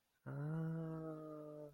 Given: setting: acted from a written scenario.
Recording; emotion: vocal sound without words; sympathy